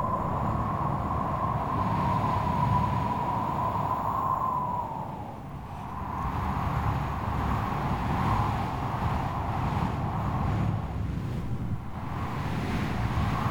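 Strong stormy wind roars steadily with a deep, dense rumble and a thin whistling tone above, easing briefly around five seconds before surging back.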